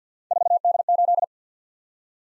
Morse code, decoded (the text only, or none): 4D8